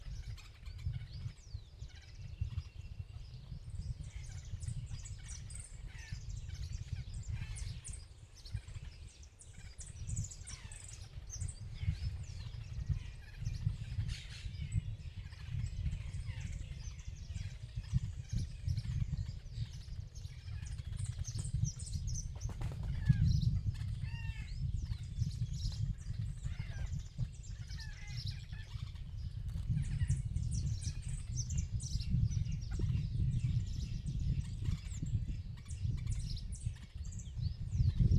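Little birds in the countryside chirp in short, scattered bursts throughout, with a few thin, bright calls standing out around the middle. Underneath runs a steady, heavy low rumble, like wind buffeting, that stays dense from start to finish.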